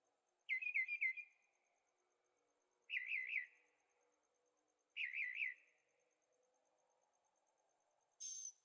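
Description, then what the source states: Bird song: short trilled phrases of wavering chirps, repeated every two seconds, ending with one thin high note; a faint low hum runs beneath. Birds singing at night in Carefree, Arizona; recorded in stereo on a Zoom H6.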